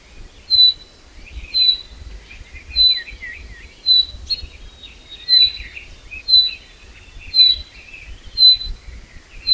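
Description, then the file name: Common chaffinch repeating a short, high, clear call roughly every second, while quieter twittering birds sound below it. "Fringilla coelebs"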